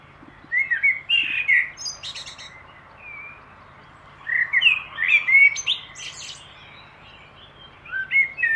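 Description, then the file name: Common blackbird song: low fluted warbling phrases followed by thin, squeaky high twitters, several phrase bursts separated by pauses, over a faint steady low hum. "Turdus merula"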